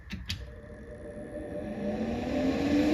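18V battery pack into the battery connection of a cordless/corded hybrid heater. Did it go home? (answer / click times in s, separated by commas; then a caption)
no / none. An 18V Ryobi ONE+ power tool battery pack is pushed into the battery connection of a cordless/corded hybrid garage heater. Two faint short ticks sound early, followed by a steadily rising handling noise with a low tone climbing in pitch and loudness. Nothing has seated or clicked yet.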